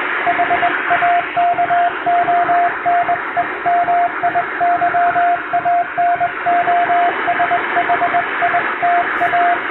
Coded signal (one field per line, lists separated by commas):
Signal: Morse code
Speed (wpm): 22 wpm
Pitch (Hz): 700 Hz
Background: radio noise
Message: HAKONEMIYANOSHITA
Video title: 通信技術の原点、最古のデジタル技術！モールスを後世に継承しよう！欧文ＣＷを縦振り電鍵で叩きました。生身のモールスでアマチュア無線の練習をしてみませんか(morse code practice )